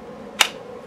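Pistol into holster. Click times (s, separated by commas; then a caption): 0.4 s. An unloaded Canik Mete pistol is pushed into a molded polymer CYA Supply holster with a retention screw. It locks in with a single sharp, bright snap at 0.4 s against a quiet background, and the pistol is seated.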